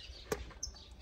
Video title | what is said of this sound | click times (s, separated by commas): Troca Junta Tampa Válvula Focus 2.0 Duratec 16v | fez o clique tá ótimo | 0.6 s